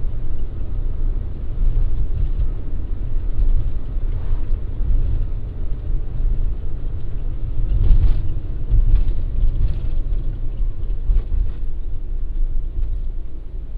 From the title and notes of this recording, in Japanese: 環境音 直売所へ店出し。直売所へクルマで向かう。クルマの運転時間長め。